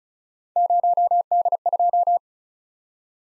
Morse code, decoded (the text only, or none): 0D2